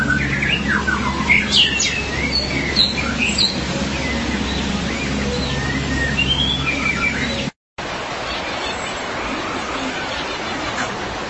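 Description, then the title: Magpie-robin or shama song with bright whistled notes and chirps over a low hum for most, then a short break and fainter sound. "BM Suara Burung Murai"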